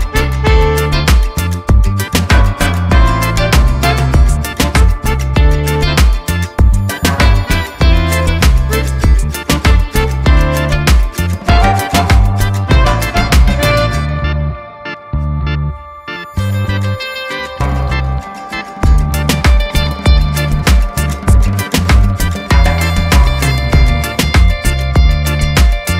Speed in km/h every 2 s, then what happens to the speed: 97, 93, 93, 90, 89, 89, 89, 89, 89, 87, 87, 87, 85.
0-8 slows to 89. 8-26 steady at about 89.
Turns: none.